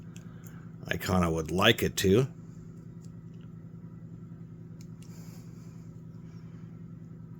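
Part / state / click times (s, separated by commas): utility knife blade into folding knife blade holder / not seated / none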